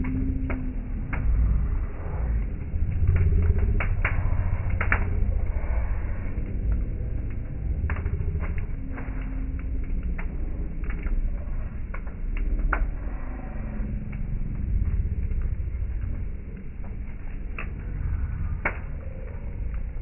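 A bonfire burns with a steady low roar, its sound cut off above the upper mids. Sharp crackles and pops snap through it every second or so, with a few louder cracks near 5, 12 and 17 seconds, while faint voices murmur underneath.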